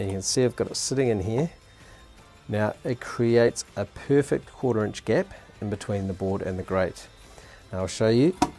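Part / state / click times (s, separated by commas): grate into snap mount on aluminium joist / not seated / none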